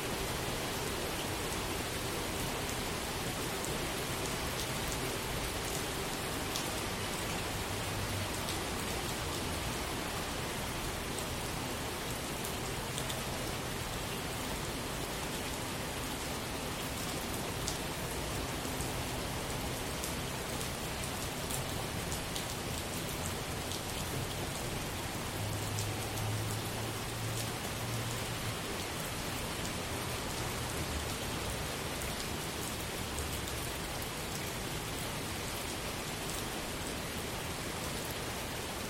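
Steady rain falls in a backyard, a dense, even hiss of drops that holds unchanged for the whole recording. Faint individual taps stand out now and then over the wash, and a low hum drifts underneath, briefly stronger around the middle.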